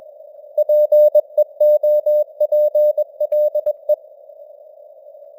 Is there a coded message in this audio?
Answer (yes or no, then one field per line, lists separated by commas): yes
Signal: Morse code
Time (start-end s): 0.6-3.9 s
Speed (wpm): 21 wpm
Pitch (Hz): 600 Hz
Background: none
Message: PEOPLE